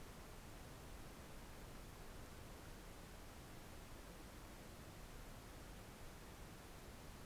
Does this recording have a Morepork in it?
no